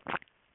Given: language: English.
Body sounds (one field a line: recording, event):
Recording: throat vibration sensor signal played as sound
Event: swallow